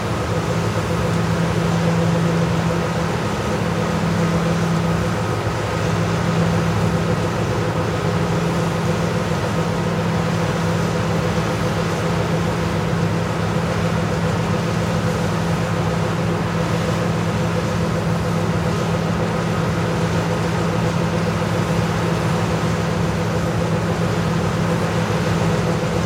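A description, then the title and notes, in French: A tractor engine runs steadily, a dense low drone with a few humming tones riding on it and a constant hiss spread over the top. The low hum wavers slightly in the first few seconds, then holds even, with no breaks or changes in loudness. Moteur de tracteur - bruit rose.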